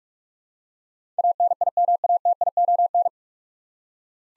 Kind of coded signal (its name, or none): Morse code